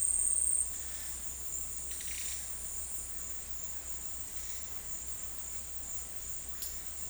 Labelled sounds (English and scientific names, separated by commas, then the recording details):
none
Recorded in dense forest near Puerto Asís, Putumayo, Colombia, on 19 February 2024 at 11:00
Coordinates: 0.484, -76.317
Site G6464